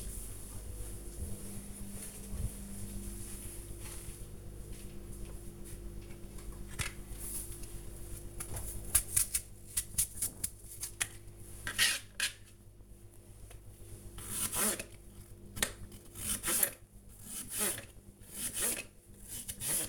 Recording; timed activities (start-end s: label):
household activities, microphone on the right wrist
5.93-19.89 s: cutting vegetables